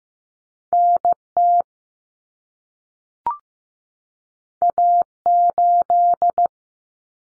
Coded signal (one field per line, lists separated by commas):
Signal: Morse code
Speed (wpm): 15 wpm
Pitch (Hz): 700 Hz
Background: none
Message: NT A8